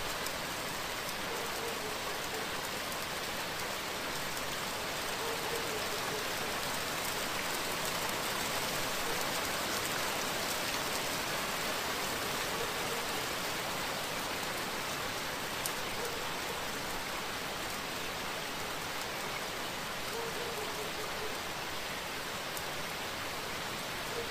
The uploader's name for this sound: Thunder during the Night with rain - Bruges, Belgium